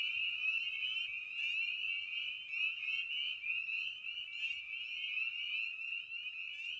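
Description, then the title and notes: Spring peeper chorus, quieter: countless short upslurred peeps blending into a continuous piercing ring, occasional louder peeps above it. Evening at a frog pond; presented in a modified format intended as a sleep aid. "Night of the Peepers. Spring Peeper (Pseudacris crucifer). Ian Carlsen"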